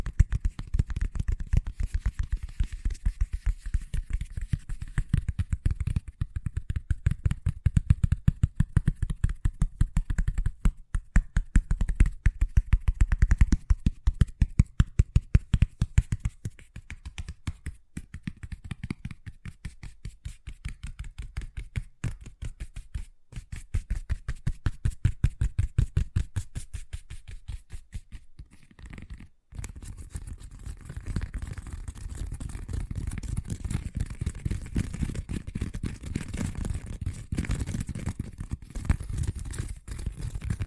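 Fast tapping runs through the whole 41 seconds, a dense stream of quick, sharp hits with a dull, low-heavy thud to each. It is loudest between roughly 10 and 16 seconds, softens afterward with brief breaks near 23 and 29 seconds, then settles into an even rhythm.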